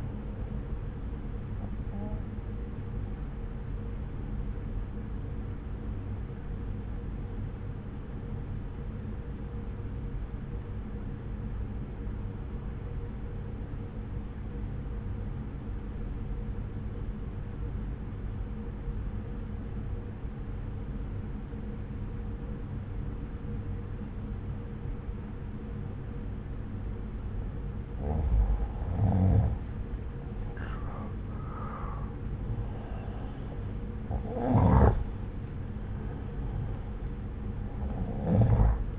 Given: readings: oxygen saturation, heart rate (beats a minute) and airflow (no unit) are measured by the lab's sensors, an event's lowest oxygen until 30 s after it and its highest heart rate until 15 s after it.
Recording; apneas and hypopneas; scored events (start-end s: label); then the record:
breathing in sleep by a smartphone at the bedside; 1
7.00-29.50 s: obstructive apnea (N1, oxygen 95% highest, then 89% lowest)
9.00-38.99 s: new sleep stage, N2 (light sleep)
From the record:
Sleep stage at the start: N1 (lightest sleep); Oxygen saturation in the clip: 85 to 95%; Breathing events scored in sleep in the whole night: 303 in 8.1 hours asleep